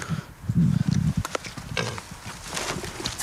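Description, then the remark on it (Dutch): Pigs behind a fence, about to be fed carrot, banana and bread thrown over it, grunt in low, rumbling bursts, loudest early on, followed by snuffling and scattered squeals over rustling, noisy movement. “We lopen nu over een heuveltje heen richting de varkens.”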